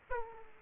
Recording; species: mosquito wingbeat signal from an infrared sensor; Aedes aegypti